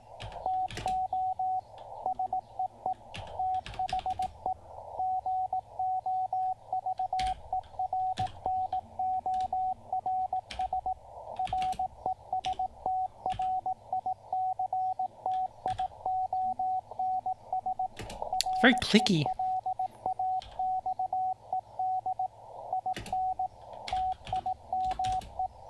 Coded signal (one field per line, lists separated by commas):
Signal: Morse code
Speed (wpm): 18 wpm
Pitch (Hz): 750 Hz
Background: speech, radio noise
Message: TO SEE THE GOVERNORS RESTRICTIONS RELAXED IN TIME